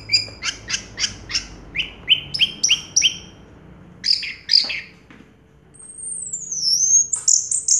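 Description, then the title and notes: Orange-headed thrush song: a series of sharp notes about three a second, a few more notes, then a long thin whistle sliding down. Anis merah song in the 'teler' style, with a clear voice. "Anis Merah Teler Suara Jernih. suara anis merah"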